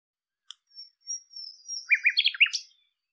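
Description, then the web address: Bird song: a thin, high drawn-out whistle, followed by a short tumble of sharp, rising and falling chirps. "cianscape birddata Deverinetal 2025 Bird Lu Me Lu Me"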